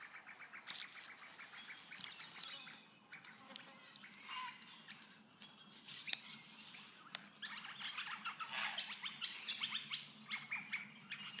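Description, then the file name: Birds chirping with quick, high notes in overlapping bursts, a quieter spell midway, then busier twittering again. "Tweets"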